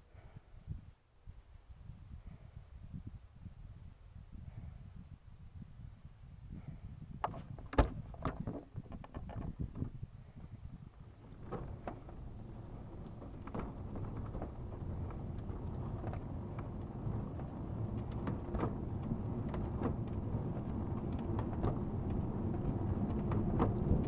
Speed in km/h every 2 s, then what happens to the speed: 1, 0, 1, 1, 1, 4, 6, 9, 12, 16, 19, 24.
0-8 standing. 8-24 pulls away to 24.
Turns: 13-15.